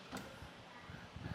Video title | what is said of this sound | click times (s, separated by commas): etrailer - How the Benton Shifts and Grins 4 Bike Rack Fits - 2024 Jeep Wrangler Unlimited | We're going to lift this guy up and listen for the click. | 0.1 s